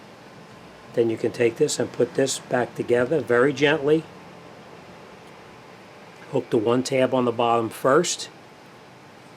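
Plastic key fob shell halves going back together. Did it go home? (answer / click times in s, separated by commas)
no / none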